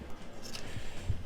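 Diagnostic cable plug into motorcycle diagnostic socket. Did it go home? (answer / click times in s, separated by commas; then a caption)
no / none. A plastic diagnostic cable plug is handled at the diagnostic socket of a KTM 690 Enduro/SMC/Duke motorcycle, with its catch on top facing up, ready to be pushed in until it clicks. Only quiet, low-level handling and rustling noise is heard, with a faint low bump near 1.1 s. Nothing has seated or clicked yet.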